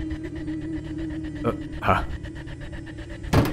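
A door slams hard a few times, three sharp bangs spaced unevenly, the last one loudest, over a steady, rhythmic background rumble.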